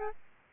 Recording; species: mosquito wingbeat signal from an infrared sensor; Aedes albopictus